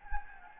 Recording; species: mosquito wingbeat signal from an infrared sensor; Anopheles gambiae